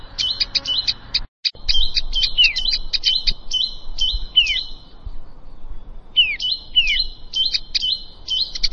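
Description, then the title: Plain prinia song: fast repeated twangy chirps with down-slurred notes, in rhythmic phrases broken by a brief pause, over steady low background noise. "Ciblek Sawah"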